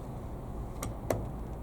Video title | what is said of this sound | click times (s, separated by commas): BERNINA 8 Series Machine Training Part 1: Bobbin Winding, Threading & Maintenance - Quilt Beginnings | it just snaps back into place so | 0.8 s, 1.1 s